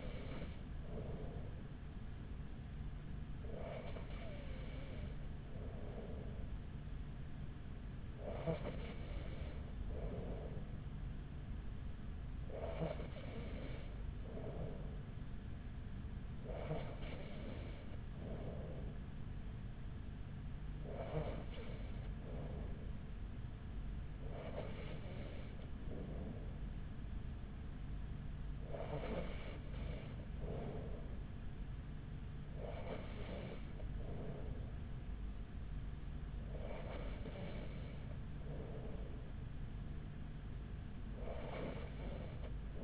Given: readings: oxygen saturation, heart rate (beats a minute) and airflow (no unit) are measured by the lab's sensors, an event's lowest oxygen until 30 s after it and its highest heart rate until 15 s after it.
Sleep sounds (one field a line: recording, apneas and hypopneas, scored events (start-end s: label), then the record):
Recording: breathing in sleep by a smartphone at the bedside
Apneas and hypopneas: none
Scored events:
none scored
From the record:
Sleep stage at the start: N3 (deep sleep)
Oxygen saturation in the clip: 94%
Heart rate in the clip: 41 to 44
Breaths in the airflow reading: 10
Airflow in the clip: -4.9 to 4.4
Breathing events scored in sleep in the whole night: 207 in 7.6 hours asleep